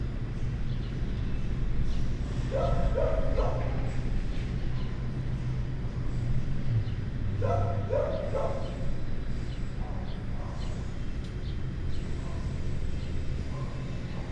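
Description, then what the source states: Dog gives clusters of rapid barks, twice clearly and a softer burst later, against constant deep traffic and construction rumble. Dog barking inside a building, with busy street traffic and construction noise outside.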